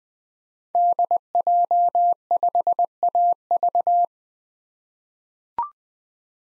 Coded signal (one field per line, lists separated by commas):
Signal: Morse code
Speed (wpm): 21 wpm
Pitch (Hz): 700 Hz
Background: none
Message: DJ5AV